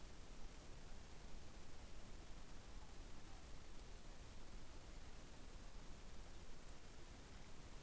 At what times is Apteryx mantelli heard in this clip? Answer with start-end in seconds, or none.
none